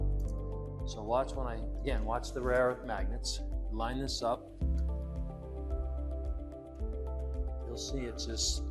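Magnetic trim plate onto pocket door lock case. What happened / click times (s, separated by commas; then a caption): The magnetic cover plate was lined up but not yet seated / none. A screwless magnetic cover plate with rare earth magnets is lined up over the lock case of a pocket door lock while someone talks over background music, with faint handling sounds. The magnets have not engaged and the plate has not snapped into place yet.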